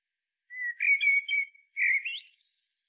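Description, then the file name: Common blackbird song: a mellow level whistle, a short pause, then a second warble rising into thin high squeaky notes. "Turdus merula"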